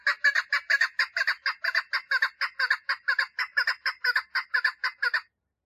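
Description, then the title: Partridge producing a sustained run of rough, repeated chuck notes at a brisk, steady pace before falling silent. "Perdiz Cantando"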